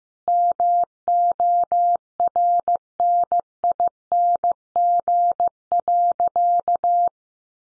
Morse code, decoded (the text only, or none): MORNING.